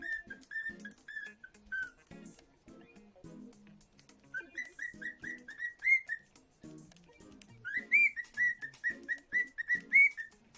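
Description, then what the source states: Cockatiel whistling a series of clear, short mid-pitched notes in runs, some rising at the ends, over quiet rhythmic background sounds. Lutino colour form.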